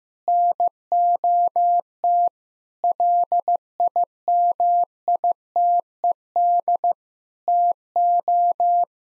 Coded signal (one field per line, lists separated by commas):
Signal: Morse code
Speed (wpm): 15 wpm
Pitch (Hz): 700 Hz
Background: none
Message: NOT LIMITED TO